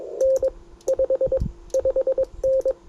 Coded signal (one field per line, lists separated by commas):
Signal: Morse code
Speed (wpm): 21 wpm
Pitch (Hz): 530 Hz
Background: none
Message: N 55N